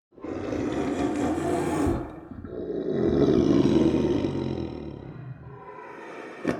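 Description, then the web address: Tiger giving deep, rasping roars in two long sustained bursts, the second swelling and slowly fading, with a sharp click at the end. "big cats|tigers"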